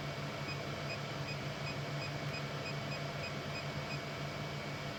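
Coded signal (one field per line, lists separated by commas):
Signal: none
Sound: 3D printer beeps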